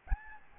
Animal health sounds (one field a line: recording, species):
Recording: mosquito wingbeat signal from an infrared sensor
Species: Aedes albopictus